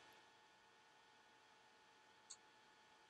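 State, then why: Torque reached. A 1/4 in torque wrench tightens a brass nozzle into the hot heater block of an FLSUN Q5 3D printer while a crescent wrench holds the block. Against a steady hiss, the wrench gives one short, sharp click at 2.3 s, confirming it has reached its set torque.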